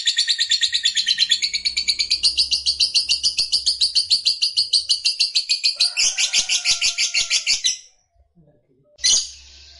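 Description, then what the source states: Lovebird song, a hurried run of sharp, squeaky chirps for about eight seconds, then silence broken by one short harsh burst. Lovebird of fighter type, singing energetically (gacor).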